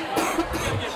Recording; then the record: coughing mixed with background sound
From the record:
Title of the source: 61 morning phlegmy cough...again